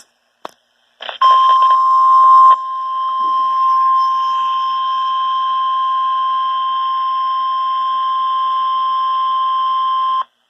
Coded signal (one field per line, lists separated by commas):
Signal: Emergency Alert System (SAME) tones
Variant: 1050 Hz attention tone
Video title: EAS/NOAA Weather Radio Alert: #35 - ILN Required Weekly Test